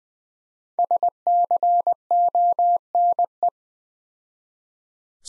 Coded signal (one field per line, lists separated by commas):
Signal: Morse code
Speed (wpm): 20 wpm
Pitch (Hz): 700 Hz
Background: none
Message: SCONE